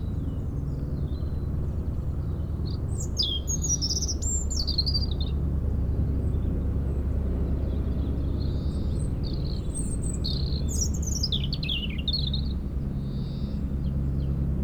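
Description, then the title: European robin delivering two high, liquid warbled phrases with sliding notes, separated by a gap, against a continuous low mechanical drone of a helicopter. Singing in a hedge near Lac du Bourget, Brison-Saint-Innocent, France, during helicopter lifting work on a cliff, sound echoing off Mont Corsuet; Zoom H4n Pro set vertically on ground. "4 Chem. de la Pointe Forestier, Brison-Saint-Innocent, France - Duo rouge-gorge hélicoptère"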